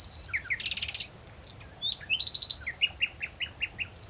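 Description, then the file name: Common nightingale song: a buzzy rattle, a brief pure whistle, then a clear series of evenly spaced, sharp repeated notes. "Luscinia megarhynchos"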